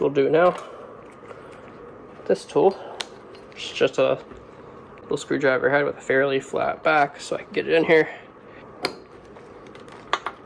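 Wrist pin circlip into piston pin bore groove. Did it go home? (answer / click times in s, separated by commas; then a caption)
yes / 10.1 s. A small screwdriver-head tool with a flat back pushes a steel wrist pin circlip into the pin bore groove of a forged aluminium piston for a 2JZ engine, while someone talks. A sharp metallic snap at 10.1 s marks the clip seating in its groove.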